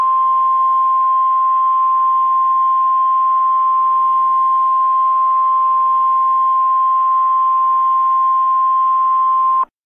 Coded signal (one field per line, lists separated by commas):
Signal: Emergency Alert System (SAME) tones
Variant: 1050 Hz attention tone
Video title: EAS Scenario The Unknown